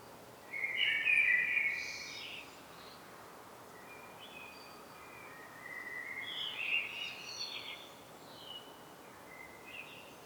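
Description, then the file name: Common blackbird song, a loud fluty phrase with a squeaky tail early on, then quieter warbled notes and a second twittering phrase later. "Turdus merula"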